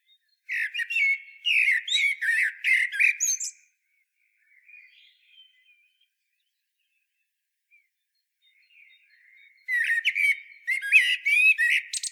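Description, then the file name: Eurasian blackbird song: two bursts of rich, warbled phrases mixing low fluty notes with high squeaky twitters, separated by several seconds of faint warbling. "Turdus merula"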